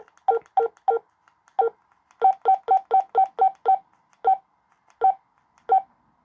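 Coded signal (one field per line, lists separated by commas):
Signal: none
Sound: radio's key press beeps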